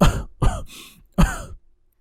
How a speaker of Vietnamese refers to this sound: Trương Lão lo lắng khi thấy A Báo ho ra cả máu tươi.